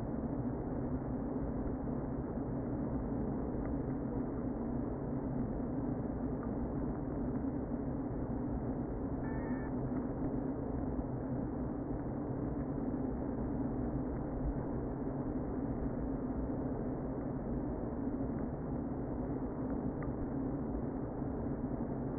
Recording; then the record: honeybee colony, microphone inside the hive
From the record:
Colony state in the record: queen present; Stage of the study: before two queens were removed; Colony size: about 60,000 bees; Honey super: yes